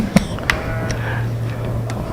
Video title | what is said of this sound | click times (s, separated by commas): HELP DESK Episode 24 | Yeah, it snaps into place. | 0.2 s, 0.5 s